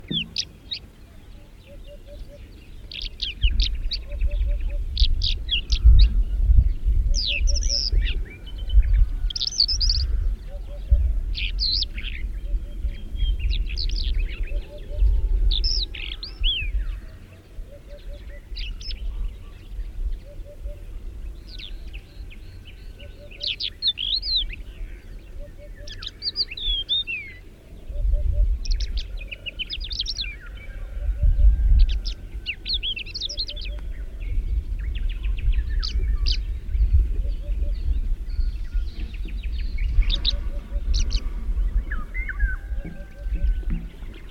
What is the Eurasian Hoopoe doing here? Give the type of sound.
call